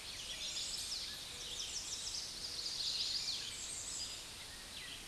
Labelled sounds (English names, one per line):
American Redstart song